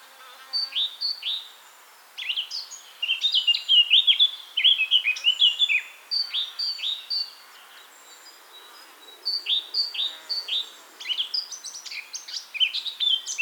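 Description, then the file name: Eurasian blackcap singing several rapid, varied warbling phrases of chirps and short whistled notes, separated by brief pauses. "Sylvia atricapilla"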